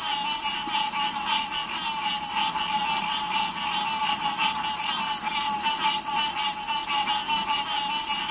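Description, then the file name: Oak toad chorus, many high peeps overlapping continuously, with a steady lower tone beneath. "Bufo quercicus - Oak Toad"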